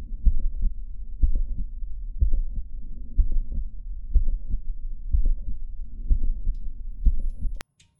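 Heart sounds at about 62 beats a minute in a patient over 80, each beat carrying a sharp mid-systolic click followed by a crescendo late systolic murmur building toward the second sound, heard along the left lower sternal border. This is the typical auscultation pattern of mitral valve prolapse.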